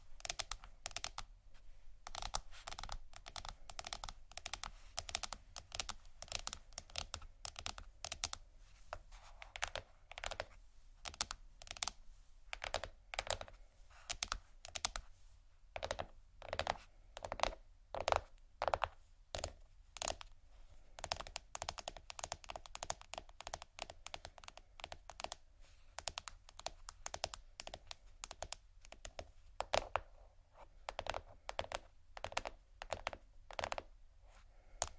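Quick, uneven tapping on plastic runs the whole time, dense bursts of sharp clicks like fingers drumming or typing, with brief pauses between runs. The taps are crisp, with a low steady hum underneath and occasional softer scratchy textures.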